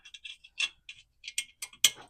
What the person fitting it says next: Locks in place.